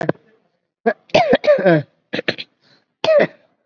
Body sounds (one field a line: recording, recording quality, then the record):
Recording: heavy voluntary cough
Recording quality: excellent, no background noise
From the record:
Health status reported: COVID-19 positive, mild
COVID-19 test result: positive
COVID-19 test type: RT-PCR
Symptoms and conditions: cough, cold, breathing difficulty, fever, fatigue, hypertension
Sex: female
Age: 68 years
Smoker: no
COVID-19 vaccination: one dose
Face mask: not worn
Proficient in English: no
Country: India